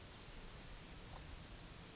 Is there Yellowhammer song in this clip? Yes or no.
no